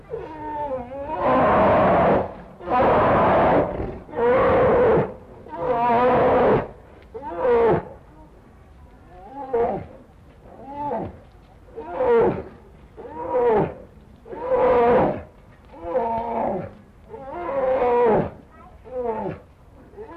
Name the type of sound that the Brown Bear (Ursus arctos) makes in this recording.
call